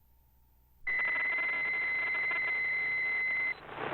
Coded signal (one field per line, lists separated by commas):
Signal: PSK63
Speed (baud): 62.5 baud